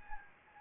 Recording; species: mosquito wingbeat signal from an infrared sensor; Anopheles gambiae